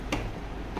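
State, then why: Seated. A RAM module is lined up with the notch of a motherboard DIMM slot and pressed down until the slot latch locks and it seats. A sharp click is heard at 0.1 s, followed by a quieter tap at 0.8 s. The module is confirmed seated and locked.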